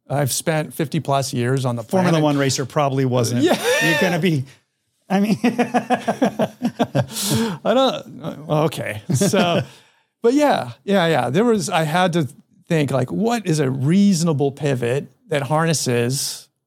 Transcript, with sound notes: I’ve spent 50-plus years on the planet-
Formula One racer probably wasn’t you’re gonna be… I mean. [laughs]
I don’t… Okay. So, but yeah. Yeah, yeah. There was, I had to think, like, what is a reasonable pivot that harnesses.